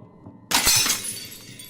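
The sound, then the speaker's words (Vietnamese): A woman smashes a glass mirror hard against the ground with a sudden loud crash, followed by a bright, lingering tinkle of shards that slowly fades. “Cô đập mạnh cái kiến xuống đất đến vỡ ra tan tành.”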